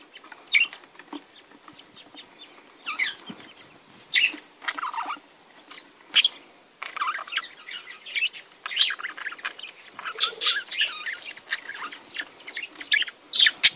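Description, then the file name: Budgerigars chattering continuously, scratchy twitters, brief warbles and sharp clicks in uneven bursts. "Canto do periquitos ingleses"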